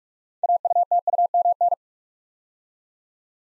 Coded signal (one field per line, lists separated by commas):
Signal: Morse code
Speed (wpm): 44 wpm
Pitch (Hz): 700 Hz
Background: none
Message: AUTUMN